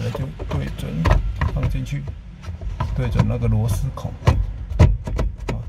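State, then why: Seated. Someone talks while fitting the blower fan motor of a Mitsubishi CMC Veryca into its plastic HVAC blower housing, aligning it with the screw holes and pushing it in. The motor is being replaced because the blower was noisy, worked only intermittently and gave little airflow with the AC not cooling. Light handling knocks at 5.1 and 5.2 s lead to a sharp click at 5.5 s as the motor catches and seats in place.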